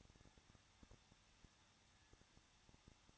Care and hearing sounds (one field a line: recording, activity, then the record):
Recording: daily activity, microphone in the room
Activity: no activity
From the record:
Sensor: 3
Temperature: 21.2 degrees Celsius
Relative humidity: 36.3%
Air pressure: 1006.5 hPa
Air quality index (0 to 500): 221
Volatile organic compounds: 39 ppm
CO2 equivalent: 3132 ppm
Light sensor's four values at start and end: 2/3/2/2 and 2/3/2/2